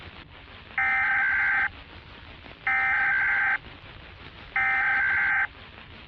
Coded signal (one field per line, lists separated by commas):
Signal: Emergency Alert System (SAME) tones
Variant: header bursts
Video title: Zombie Virus Outbreak | EAS Scenario – Analog Horror